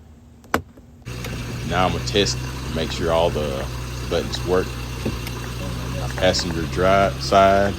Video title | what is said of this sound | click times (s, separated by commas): How to replace the masters window-door switch on a G37 Infiniti | and you hear it pop into place | 0.5 s